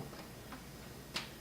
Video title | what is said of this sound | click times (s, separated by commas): xbox 360 slim putting case back together | push down. Sometimes you'll hear a snap. | 1.2 s